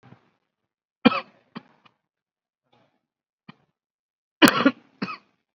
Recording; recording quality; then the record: shallow voluntary cough; excellent, no background noise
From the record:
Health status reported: COVID-19 positive, mild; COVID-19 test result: positive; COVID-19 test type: RT-PCR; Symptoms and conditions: cough, cold, breathing difficulty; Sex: male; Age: 25 years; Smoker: no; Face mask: not worn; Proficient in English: yes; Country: India